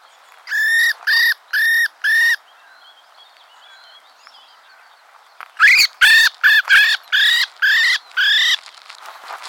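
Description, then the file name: Common blackbird calling in two bursts of rasping, harmonic notes, a few notes first, then a longer run of several after a quiet gap. "Turdus merula"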